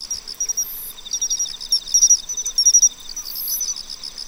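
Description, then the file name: Pine cricket chirps in quick short groups over steady pulsed insect trills and an occasional higher buzz. "Matsumushi"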